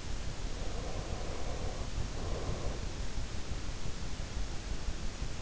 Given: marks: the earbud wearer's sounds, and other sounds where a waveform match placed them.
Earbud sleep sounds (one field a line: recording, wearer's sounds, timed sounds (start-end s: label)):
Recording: sounds in sleep by an in-ear microphone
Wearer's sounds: breath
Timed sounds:
0.53-2.96 s: breath